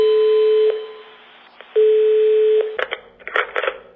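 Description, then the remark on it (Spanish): Two long, steady telephone line tones sound with a short gap between them, followed by a burst of clattering clicks like a handset being picked up, in a Spanish government announcement for the gender-violence helpline. “A la primera señal de malos tratos, llama. Teléfono 016 puede significar otra vida.”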